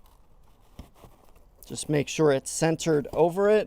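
A 3D Kagu all-weather rubber floor liner in a Fisker Ocean is shifted and centered so its eyelet sits over the left floor retention clip before being pushed home. Faint crinkling and handling sounds with a few light taps are heard, then someone talks from about 1.6 s. Nothing has snapped or seated yet.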